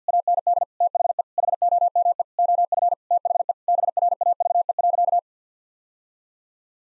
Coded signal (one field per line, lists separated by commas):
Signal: Morse code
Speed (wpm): 50 wpm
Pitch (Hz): 700 Hz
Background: none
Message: AND THE HOME OF THE BRAVE.